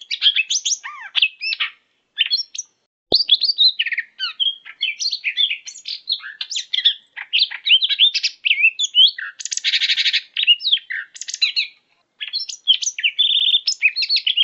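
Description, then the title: Leafbird song: a dense, continuous stream of varied chirps, whistles and rapid trills, mostly high-pitched, with brief pauses and a single sharp click. "CUCAK IJO"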